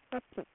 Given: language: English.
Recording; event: throat vibration sensor signal played as sound; speech